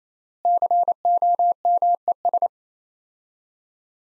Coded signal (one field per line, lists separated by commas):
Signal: Morse code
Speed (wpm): 28 wpm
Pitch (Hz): 700 Hz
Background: none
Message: COMES